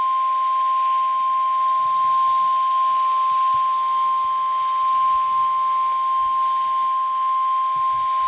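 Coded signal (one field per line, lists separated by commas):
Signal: Emergency Alert System (SAME) tones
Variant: 1050 Hz attention tone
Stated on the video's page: PDS tornado warning broadcast over NOAA Weather Radio transmitter WXK22.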